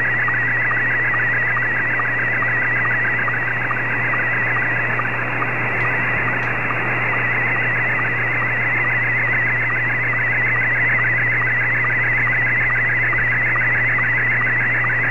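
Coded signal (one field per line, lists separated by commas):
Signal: SSTV (slow-scan television)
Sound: warbling, chirping tone over hiss, with rapid regular low blips marking each image line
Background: radio static, low hum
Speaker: after this one's finished i'll show you guys the dx toolbox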